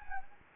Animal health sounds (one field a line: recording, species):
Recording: mosquito wingbeat signal from an infrared sensor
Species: Anopheles gambiae